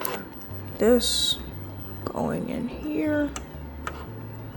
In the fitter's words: Supposed to click. It doesn't click, so I guess it doesn't have to.